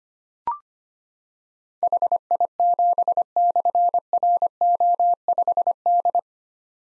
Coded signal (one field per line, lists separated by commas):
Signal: Morse code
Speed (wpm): 25 wpm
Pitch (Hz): 700 Hz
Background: none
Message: HI7/RO5D